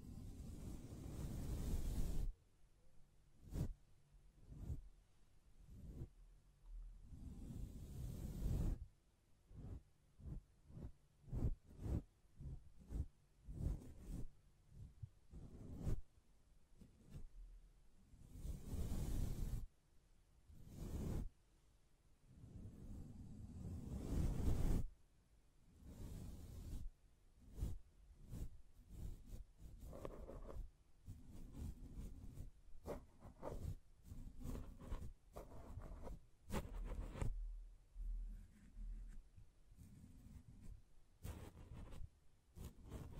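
Hand sounds on a microphone: tapping, scratching and brushing strokes in quick irregular bursts. Heavy low thumps and rumbling swishes alternate with sharp clicks and short scrapes, with brief silent gaps between many of them, continuing throughout.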